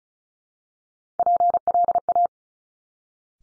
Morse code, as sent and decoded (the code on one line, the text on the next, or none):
.--. .-.. .-
PLA